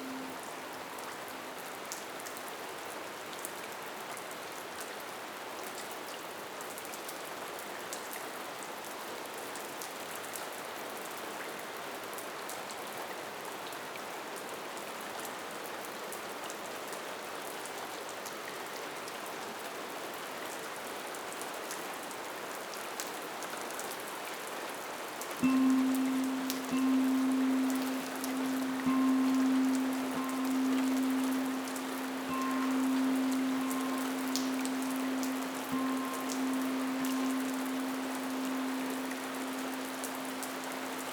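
Recorded at Samadhi Cave in Tibet: a steady, dense patter like rain fills the whole clip, with faint scattered ticks. About twenty-five seconds in, a low, sustained humming tone enters and holds to the end with slight wavers and brief dips, louder than the patter.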